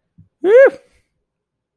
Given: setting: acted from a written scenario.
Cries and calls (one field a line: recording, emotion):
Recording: vocal sound without words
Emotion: pride